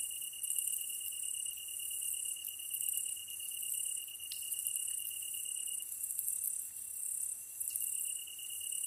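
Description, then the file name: Tree cricket song, a clear high trill held evenly, growing fainter towards the end, with rapid high ticking from other insects continuing. Kantan recorded together with ezotsuyumushi on 15 August 2010 at 22:39, with a DH-D50. "kantan ezotuyumusi 20100815-2239"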